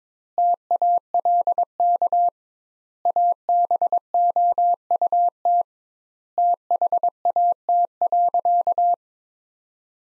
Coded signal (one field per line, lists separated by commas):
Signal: Morse code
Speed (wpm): 22 wpm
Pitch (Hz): 700 Hz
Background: none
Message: TALK ABOUT THAT.